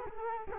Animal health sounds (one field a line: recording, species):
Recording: mosquito wingbeat signal from an infrared sensor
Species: Culex quinquefasciatus